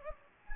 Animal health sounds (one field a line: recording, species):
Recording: mosquito wingbeat signal from an infrared sensor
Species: Anopheles gambiae